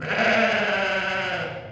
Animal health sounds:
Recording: contact call of a hoofed animal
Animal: sheep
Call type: low-frequency (closed-mouth) or high-frequency (open-mouth) call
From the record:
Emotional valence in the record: negative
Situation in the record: short social isolation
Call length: 1.72 s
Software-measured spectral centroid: 2000 Hz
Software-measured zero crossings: 2800 a second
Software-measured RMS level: -24 dBFS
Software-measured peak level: -7 dBFS

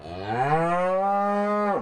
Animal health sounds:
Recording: contact call of a hoofed animal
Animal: cattle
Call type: low-frequency (closed-mouth) or high-frequency (open-mouth) call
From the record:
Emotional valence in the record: negative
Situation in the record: full separation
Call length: 1.82 s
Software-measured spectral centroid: 1160 Hz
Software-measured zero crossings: 1520 a second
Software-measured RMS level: -24 dBFS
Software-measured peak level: -12 dBFS

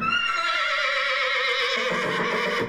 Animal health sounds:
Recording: contact call of a hoofed animal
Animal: horse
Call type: whinny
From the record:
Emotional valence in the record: negative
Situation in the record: group separation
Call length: 2.7 s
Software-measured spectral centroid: 2470 Hz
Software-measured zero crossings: 3780 a second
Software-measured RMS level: -24 dBFS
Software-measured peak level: -12 dBFS

